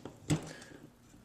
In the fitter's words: putting it on there and then with some pressure it will actually should lock into place